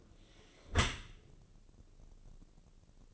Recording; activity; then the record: daily activity, microphone in the room; close dishwasher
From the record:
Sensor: 4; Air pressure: 1013.2 hPa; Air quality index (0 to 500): 173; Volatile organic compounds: 2 ppm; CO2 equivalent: 1091 ppm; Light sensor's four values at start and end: 71/176/73/73 and 70/175/72/73